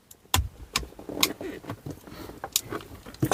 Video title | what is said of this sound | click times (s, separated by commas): £500 Nissan X Trail repairs continue | when you push them in, click them into place, and that's that. | 0.3 s, 2.6 s